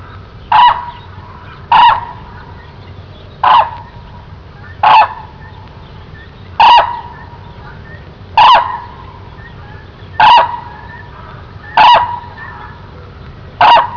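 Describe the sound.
Hooded crane calls: loud, brief, harsh trumpeting notes repeated at slightly irregular intervals, nine in all, over a low steady background hum.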